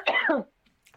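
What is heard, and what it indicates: An adult gives a single harsh cough after inhaling a drink mid-swallow while trying to speak, clearing the airway.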